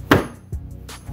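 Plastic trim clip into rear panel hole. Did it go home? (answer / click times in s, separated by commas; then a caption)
yes / 0.1 s. A plastic retaining clip on the rear light or trim panel of a Honda Accord, being refitted during a brake light repair, is lined up with its hole in the rear panel and pushed in by hand. One sharp, loud snap is heard at 0.1 s, followed by fainter knocks around 0.5 s and 0.9 s. The clip is seated.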